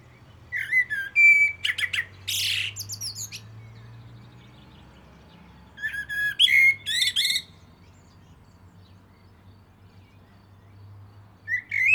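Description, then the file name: Common blackbird singing mellow whistled phrases with shrill twittering endings, separated by quiet pauses. "Turdus merula"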